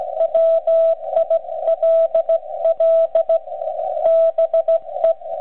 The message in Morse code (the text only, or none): WILL BE